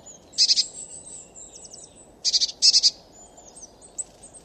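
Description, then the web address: Eurasian blue tit scold: a brief buzzy churr, then two pulsed churring bursts near two and a half seconds, with soft high squeaks in between. "cianscape birddata Deverinetal 2025 Bird Only Cy Ca"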